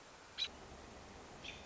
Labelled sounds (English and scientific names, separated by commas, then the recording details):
American Robin (Turdus migratorius)
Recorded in Sonoma County, California